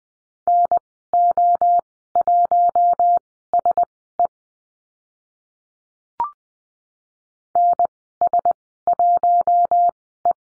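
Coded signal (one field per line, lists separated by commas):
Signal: Morse code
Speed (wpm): 20 wpm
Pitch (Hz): 700 Hz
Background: none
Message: NO1SE NS1E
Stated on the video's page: Morse code course lesson on numbers and call signs at Farnsworth speed 20/10 WPM.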